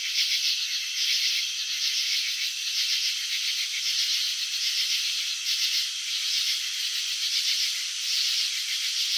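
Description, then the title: Cricket chirps come as rattling pulse trains in repeated bursts. Crickets chirping, filmed with slow-motion technology showing wing vibrations and antenna movements. "Crickets in Slow Motion. Capturing the Elegance of Chirping"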